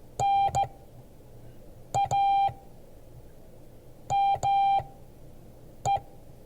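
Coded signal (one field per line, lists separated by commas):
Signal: Morse code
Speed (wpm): 15 wpm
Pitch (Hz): 790 Hz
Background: none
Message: NAME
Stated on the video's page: Morse code class.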